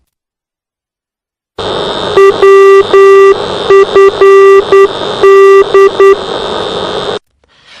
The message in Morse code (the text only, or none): WFD